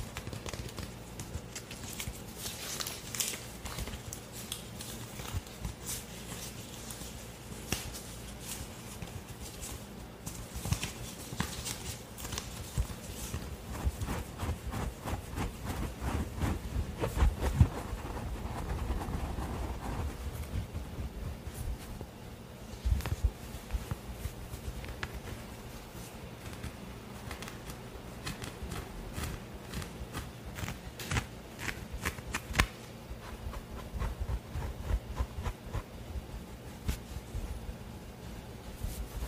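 ASMR handling of objects from a room's decor, with crisp taps and knocks in quick rhythmic runs, densest in the first dozen seconds and again near the half-minute. Around 15 to 20 seconds a heavier, low rubbing and thudding takes over.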